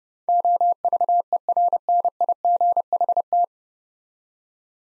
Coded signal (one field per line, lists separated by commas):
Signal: Morse code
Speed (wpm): 32 wpm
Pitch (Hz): 700 Hz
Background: none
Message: OVERNIGHT